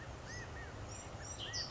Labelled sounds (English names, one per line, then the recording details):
California Quail
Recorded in Sonoma County, California